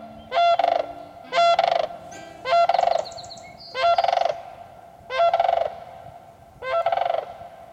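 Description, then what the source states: Sandhill Crane rolling, trumpeting calls, six loud harsh bursts with rich harmonics, repeated roughly every 1.3 seconds, over a quiet background. Heard during seasonal migration between breeding grounds and overwintering areas, marking the turn of the seasons twice a year.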